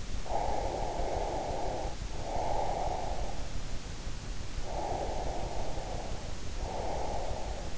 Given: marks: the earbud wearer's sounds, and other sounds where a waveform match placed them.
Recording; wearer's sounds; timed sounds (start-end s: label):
sounds in sleep by an in-ear microphone; breath
0.14-3.63 s: breath
4.49-7.78 s: breath